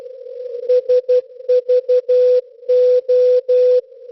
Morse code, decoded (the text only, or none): SVO